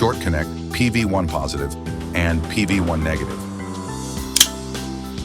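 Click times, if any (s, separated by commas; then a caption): 4.4 s. Solar PV1 positive and negative cable connectors are pushed onto the module output connectors while someone talks over background music. Sharp clicks at 4.4 s and 4.4 s mark the connectors seating, confirming a secure connection.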